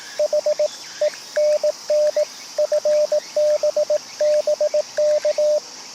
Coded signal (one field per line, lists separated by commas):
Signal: Morse code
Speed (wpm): 24 wpm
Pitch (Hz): 600 Hz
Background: radio noise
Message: H ENN FB BK